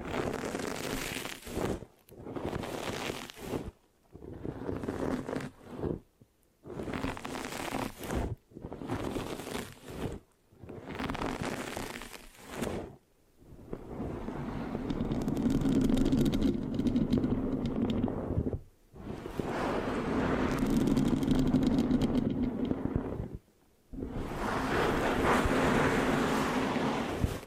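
Mic scratching comes in short rough bursts with silent gaps for the first 13 seconds, then longer dense sticky rubbing stretches with brief pauses.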